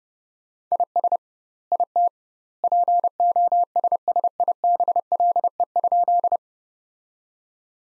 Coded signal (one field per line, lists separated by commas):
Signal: Morse code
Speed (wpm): 30 wpm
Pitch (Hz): 700 Hz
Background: none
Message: IS IT POSSIBLE?